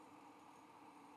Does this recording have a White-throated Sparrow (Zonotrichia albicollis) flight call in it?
no